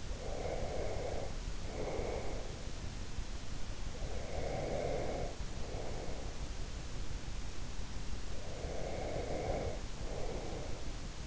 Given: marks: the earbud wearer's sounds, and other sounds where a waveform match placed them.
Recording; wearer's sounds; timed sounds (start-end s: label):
sounds in sleep by an in-ear microphone; breath
0.00-2.82 s: breath
4.03-6.63 s: breath
8.19-11.27 s: breath